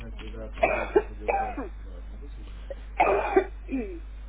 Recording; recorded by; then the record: voluntary cough; telephone call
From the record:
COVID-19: positive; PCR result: checked with the laboratory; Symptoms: yes